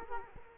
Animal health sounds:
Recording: mosquito wingbeat signal from an infrared sensor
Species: Culex quinquefasciatus

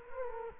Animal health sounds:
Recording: mosquito wingbeat signal from an infrared sensor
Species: Culex quinquefasciatus

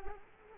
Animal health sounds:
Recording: mosquito wingbeat signal from an infrared sensor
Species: Culex quinquefasciatus

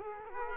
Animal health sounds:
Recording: mosquito wingbeat signal from an infrared sensor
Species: Culex quinquefasciatus

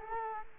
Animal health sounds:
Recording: mosquito wingbeat signal from an infrared sensor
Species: Culex quinquefasciatus

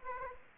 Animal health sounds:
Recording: mosquito wingbeat signal from an infrared sensor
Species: Aedes aegypti

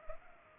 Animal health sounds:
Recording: mosquito wingbeat signal from an infrared sensor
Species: Culex pipiens

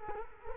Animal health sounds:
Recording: mosquito wingbeat signal from an infrared sensor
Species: Culex quinquefasciatus

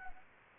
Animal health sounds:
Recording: mosquito wingbeat signal from an infrared sensor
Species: Anopheles gambiae

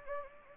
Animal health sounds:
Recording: mosquito wingbeat signal from an infrared sensor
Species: Anopheles gambiae

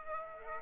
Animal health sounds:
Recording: mosquito wingbeat signal from an infrared sensor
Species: Aedes aegypti

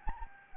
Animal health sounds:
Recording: mosquito wingbeat signal from an infrared sensor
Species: Anopheles gambiae

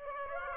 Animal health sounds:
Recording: mosquito wingbeat signal from an infrared sensor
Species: Aedes aegypti

